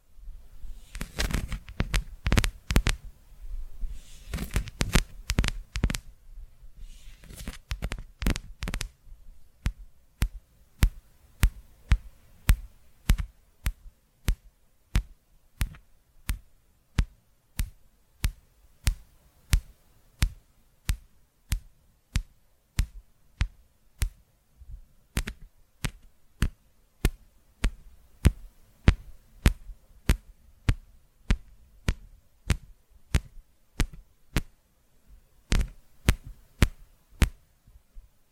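Sharp tapping, dense and clustered for the first nine seconds, then settling into steady, evenly spaced single taps about twice per second.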